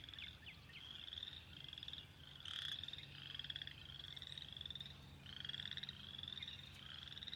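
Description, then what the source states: Spring peepers giving high, rising peeps repeatedly over a low hum. Recorded 2021-04-06.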